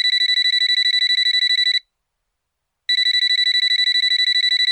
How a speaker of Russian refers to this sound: «Давайте, набирайте», — согласился Соболев, и в этот миг зазвонил его телефон.